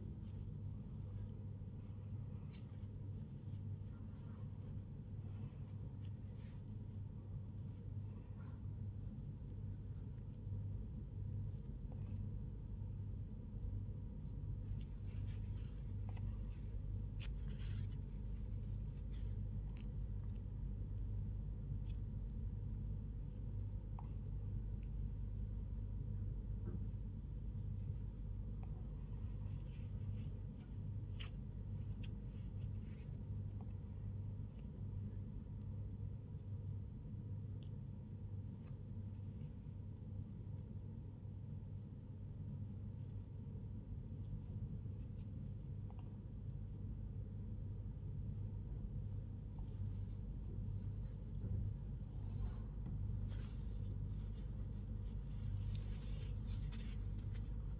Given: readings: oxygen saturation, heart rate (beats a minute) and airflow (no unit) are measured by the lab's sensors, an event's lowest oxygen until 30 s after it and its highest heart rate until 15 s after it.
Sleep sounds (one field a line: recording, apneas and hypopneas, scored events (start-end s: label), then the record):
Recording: a person awake in a sleep study, by a smartphone at the bedside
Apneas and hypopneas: none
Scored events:
none scored
From the record:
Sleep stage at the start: awake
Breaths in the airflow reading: 19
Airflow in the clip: -0.7 to 0.7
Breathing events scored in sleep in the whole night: 158 in 7.3 hours asleep